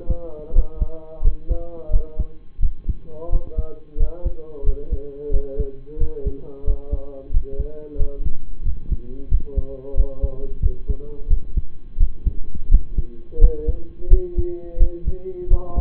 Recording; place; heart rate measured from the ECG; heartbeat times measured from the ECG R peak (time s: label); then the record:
heart sounds by stethoscope; between the tricuspid and mitral areas; 88 bpm
0.52 s: heartbeat
1.21 s: heartbeat
1.90 s: heartbeat
2.59 s: heartbeat
3.29 s: heartbeat
3.96 s: heartbeat
4.63 s: heartbeat
5.30 s: heartbeat
5.97 s: heartbeat
6.64 s: heartbeat
7.30 s: heartbeat
7.96 s: heartbeat
8.62 s: heartbeat
9.28 s: heartbeat
9.94 s: heartbeat
10.60 s: heartbeat
11.27 s: heartbeat
11.97 s: heartbeat
12.68 s: heartbeat
13.38 s: heartbeat
14.08 s: heartbeat
14.77 s: heartbeat
15.47 s: heartbeat
From the record:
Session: rest, lying down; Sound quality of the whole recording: partially saturated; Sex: male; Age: 25 years